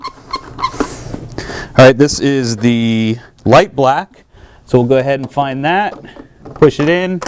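A plastic light black ink tank for a large-format Epson printer (models 7700, 7900, 7890, 9700, 9890, 9900) is shaken and then readied for insertion into its slot in the printer's ink bay. Someone talks throughout, with a few brief rattling knocks near 0.3, 0.8 and 1.4 seconds. Nothing has seated or clicked yet.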